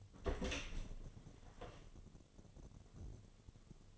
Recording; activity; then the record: daily activity, microphone in the room; open door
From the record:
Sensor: 4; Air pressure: 1008.1 hPa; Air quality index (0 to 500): 184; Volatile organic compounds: 6 ppm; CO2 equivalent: 1839 ppm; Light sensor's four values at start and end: 24/76/29/28 and 23/72/27/26